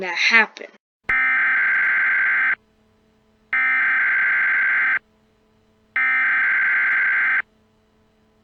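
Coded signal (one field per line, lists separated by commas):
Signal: Emergency Alert System (SAME) tones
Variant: header bursts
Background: speech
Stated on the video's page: Remastered fictional EAS scenario.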